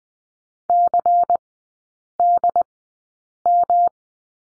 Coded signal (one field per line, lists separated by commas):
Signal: Morse code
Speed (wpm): 20 wpm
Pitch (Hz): 700 Hz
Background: none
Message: CDM